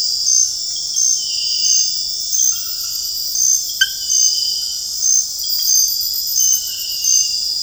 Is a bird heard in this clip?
no